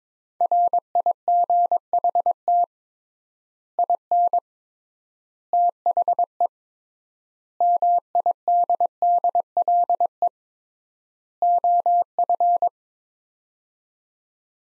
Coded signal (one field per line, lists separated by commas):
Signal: Morse code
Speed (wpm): 22 wpm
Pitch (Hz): 700 Hz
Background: none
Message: RIGHT IN THE MIDDLE OF